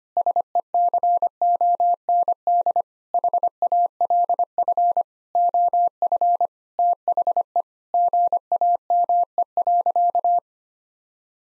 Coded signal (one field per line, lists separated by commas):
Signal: Morse code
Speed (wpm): 25 wpm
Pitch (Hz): 700 Hz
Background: none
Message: SECOND HALF OF THE GAME.